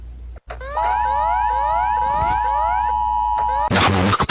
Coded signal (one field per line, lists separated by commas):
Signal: Emergency Alert System (SAME) tones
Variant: 853 and 960 Hz attention tone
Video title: EAS Alarms of the World